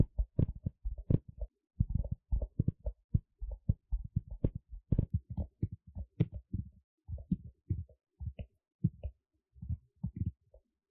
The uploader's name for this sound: Tapping